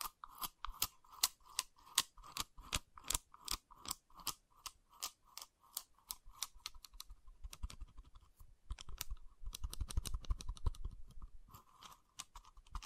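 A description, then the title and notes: Wooden triggers click and snap in quick, regular bursts, with a denser crunchy rustle and low thuds around ten seconds before sharp clicks resume. ASMR Calming Wood Triggers for Sleep (No Talking).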